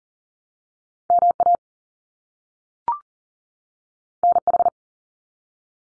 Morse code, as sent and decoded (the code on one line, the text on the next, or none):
-- .- / -. ....
MA NH